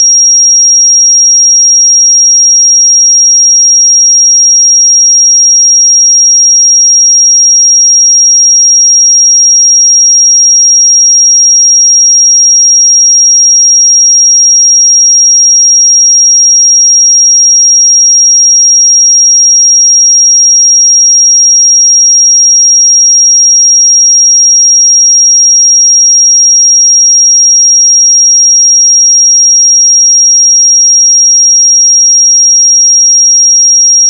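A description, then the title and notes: A pure sine tone at 5629 Hz holds perfectly steady for the full 34 seconds, a single thin, bright whistle with no wavering in pitch or loudness. Nothing else is present, no background noise, no breaks, just the one unchanging high note. 5629 Hz 1 Hz Interval Sine Pure Tone Frequency 441000 Sample Mono.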